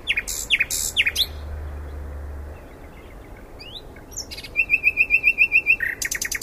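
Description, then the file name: Common nightingale song: three sharp downward notes, a pause, then a fast evenly repeated trill followed by a lower note and a few sharp notes; a brief low hum early on. "Luscinia megarhynchos"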